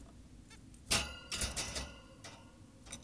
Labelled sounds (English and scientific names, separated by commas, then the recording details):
Zebra Finch (Taeniopygia guttata)
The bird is an adult
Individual g17y2U